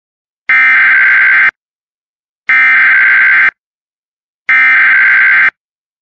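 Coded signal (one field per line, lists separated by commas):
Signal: Emergency Alert System (SAME) tones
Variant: header bursts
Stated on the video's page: Recreated EAS coastal flood warning for Delaware built from a real alert audio file, with valid tones.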